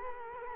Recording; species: mosquito wingbeat signal from an infrared sensor; Culex quinquefasciatus